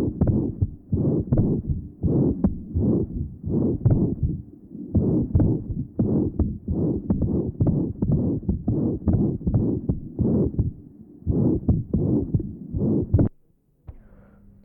Patient has severe mitral insufficiency. The pan-systolic murmur taken at the mitral area, the opening snap, and the loud third sound followed by a short diastolic murmur in this area.